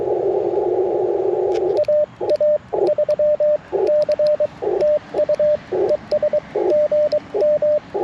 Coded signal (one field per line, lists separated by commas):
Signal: Morse code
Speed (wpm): 22 wpm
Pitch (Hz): 590 Hz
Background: radio noise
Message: AA3C TU ES GM